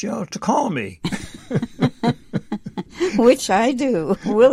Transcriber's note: laughs